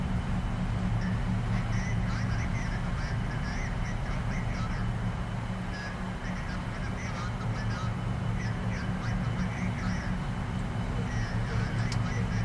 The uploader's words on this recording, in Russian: Атмосфера Кабины Шаттла. В этом выпуске вы почувствуете нежное гудение и мягкие звуковые сигналы шаттла.